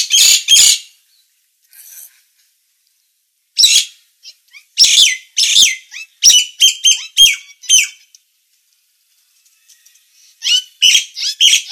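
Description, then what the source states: Nias hill myna song: loud, harsh, squawky bursts mixed with short whistled notes, in scattered clusters separated by brief silences. Bird in full, active song (gacor), described as loud and noisy.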